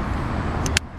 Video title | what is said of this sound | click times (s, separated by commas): Sièges d'auto | on clique on entend le clips on | 0.8 s